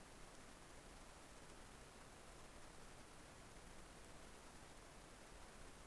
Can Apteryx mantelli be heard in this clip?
no